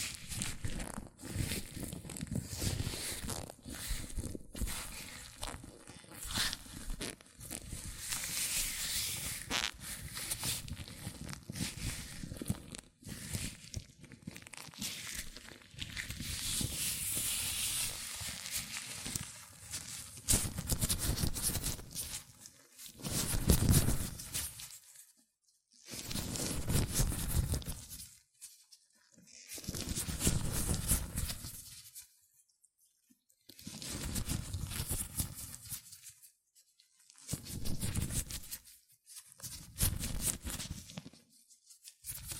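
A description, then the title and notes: Latex gloves rub, squeak and snap against hands in dense, irregular bursts for the first twenty seconds, bright crackling mixed with low rubbing. After that the sound breaks into separate swells of stretching and rubbing, each a second or two long, with silent gaps between them. ASMR Latex Gloves Hand Sounds (No Talking).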